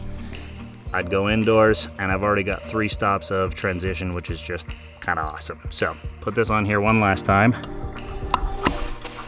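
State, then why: Seated. Someone talks over background music, then a magnetic filter is put back onto the magnetic adapter ring on a camera lens one last time. The magnet seats it with a loud snap at 8.3 seconds.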